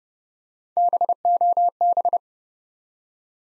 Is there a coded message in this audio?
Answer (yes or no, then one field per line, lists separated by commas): yes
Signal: Morse code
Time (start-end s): 0.8-2.2 s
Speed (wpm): 30 wpm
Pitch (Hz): 700 Hz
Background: none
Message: BOB